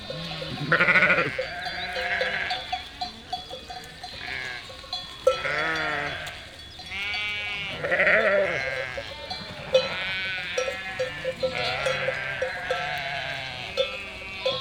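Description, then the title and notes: Sheep flock bleating continuously, many overlapping quavering bleats, with occasional bell clinks. Flock of 467 sheep and lambs, freshly counted by the shepherd, moving and grazing grass and wild garlic in spring at Chindrieux, France; binaural recording with Fostex FR2 LE, recordist travelling by bicycle. "847 Rue de Vars, 73310 Chindrieux, France - Troupeau de moutons. En ce jour de printemps, au beau milieu d'un troupeau de 467 moutons et agneaux. Bêlements en chorale très spacialisée et en mouvement"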